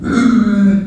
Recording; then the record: squeal of a Yucatan mini pig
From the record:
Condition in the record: after surgery on the right vocal fold (resection and tissue-engineered implant); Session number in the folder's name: 6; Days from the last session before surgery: 40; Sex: female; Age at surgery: 19 weeks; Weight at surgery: 25 kg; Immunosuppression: prednisolone